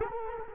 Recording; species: mosquito wingbeat signal from an infrared sensor; Culex quinquefasciatus